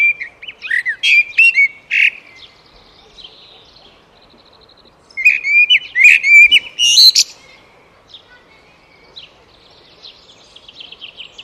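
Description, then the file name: Eurasian blackbird song in two bouts. Mellow low whistles are mixed with piercing high squeaks. Faint twittering fills the gaps. "Turdus merula"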